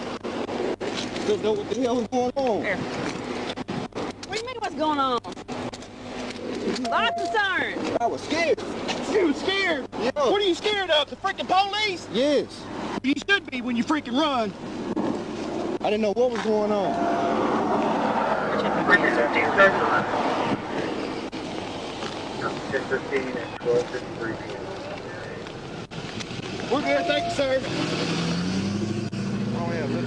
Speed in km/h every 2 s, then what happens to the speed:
0, 0, 0, 0, 0, 0, 0, 0, 0, 0, 0, 0, 0, 0, 0.
0-30 standing.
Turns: none.